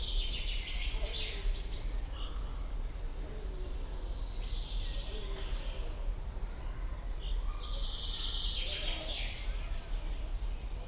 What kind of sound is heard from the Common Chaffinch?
song